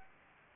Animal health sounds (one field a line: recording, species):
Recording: mosquito wingbeat signal from an infrared sensor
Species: Anopheles gambiae